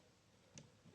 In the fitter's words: ve tık etti ve bunu yani deneyerek kullanıyorsunuz